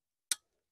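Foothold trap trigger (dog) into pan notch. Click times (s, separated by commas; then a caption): 0.3 s. With the jaws of a steel foothold coyote trap held open, a hand reaches under the pan, so that if it snaps it won't snap on the hand, and sets the trigger (dog) into the pan notch. A single sharp, bright click sounds at 0.3 s and fades quickly into silence. The trigger catches and is seated in the pan notch.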